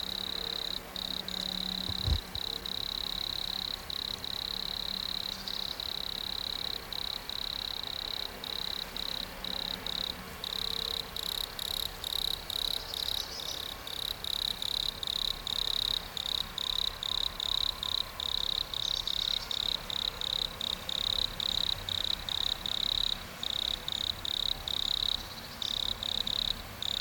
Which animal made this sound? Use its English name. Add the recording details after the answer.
Wood Cricket. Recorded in the wild. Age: imago. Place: Treuchtlingen, Naturpark Altmühltal, Bayern, DE. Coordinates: 48.96, 10.91. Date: 1993-09-21 12:00. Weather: 21°C, sonnig. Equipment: Marantz CP 430, Sennheiser MKH 416 T, Kopie Uher Variocord 263. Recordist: Tembrock, Günter